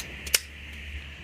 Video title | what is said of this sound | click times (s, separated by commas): Phylian Electric Toothbrush Review - For Braces | and it clicks back into place. | 0.3 s